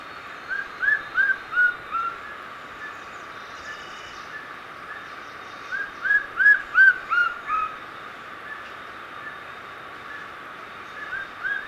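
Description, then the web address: White-streaked Antvireo calling in two quick bursts of short, whistled notes, each burst of five or six notes, separated by several seconds of quiet hiss. Ecuador. "Birds of Ecuador 2. White-Streaked Antvireo (Plumbeous Antvireo)"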